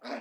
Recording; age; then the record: pig call; piglet (1 to 25 days)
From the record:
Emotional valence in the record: negative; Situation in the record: restrain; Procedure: in the arms of a person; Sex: female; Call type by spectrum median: low-frequency call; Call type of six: low-frequency stable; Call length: 0.21 s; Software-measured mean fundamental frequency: 61 Hz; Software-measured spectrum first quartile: 508 Hz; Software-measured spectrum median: 844 Hz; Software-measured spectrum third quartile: 2086 Hz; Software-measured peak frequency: 685 Hz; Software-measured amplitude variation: 142 dB a second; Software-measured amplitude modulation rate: 11.9 a second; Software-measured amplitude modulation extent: 12.0 dB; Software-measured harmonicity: 0.5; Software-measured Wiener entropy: -0.98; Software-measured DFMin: 1143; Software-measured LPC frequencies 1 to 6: 637, 1508, 2355, 3961, 4944, 7861 Hz